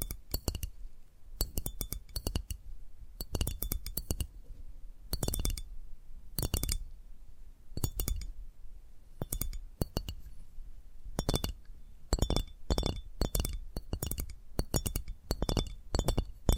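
Tapping triggers in quick clustered bursts of bright, glassy clinks, pausing briefly between groups and repeating steadily throughout, with faint low rumble underneath.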